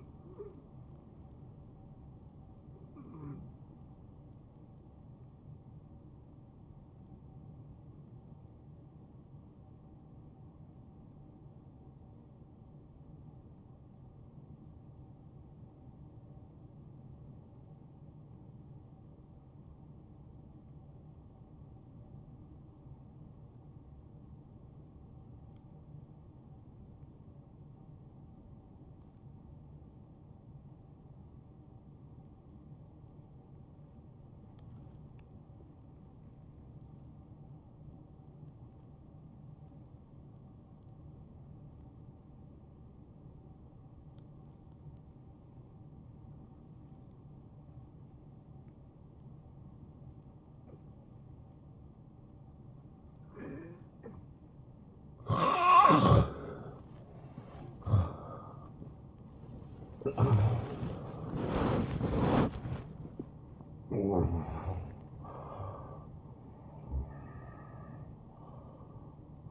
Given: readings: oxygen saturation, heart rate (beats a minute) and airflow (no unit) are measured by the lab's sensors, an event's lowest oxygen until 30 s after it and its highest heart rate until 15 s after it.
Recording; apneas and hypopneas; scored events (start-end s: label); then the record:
breathing in sleep by a smartphone at the bedside; 1
11.00-56.70 s: obstructive apnea (N1, oxygen 95% highest, then 80% lowest, heart rate 70 at the start, 86 highest)
17.00-47.00 s: new sleep stage, N2 (light sleep)
47.00-69.51 s: new sleep stage, N1 (lightest sleep)
From the record:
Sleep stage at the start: N1 (lightest sleep); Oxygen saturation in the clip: 82 to 95%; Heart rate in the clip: 53 to 86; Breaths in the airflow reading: 7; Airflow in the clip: -14.6 to 12.5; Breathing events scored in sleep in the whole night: 263 in 5.5 hours asleep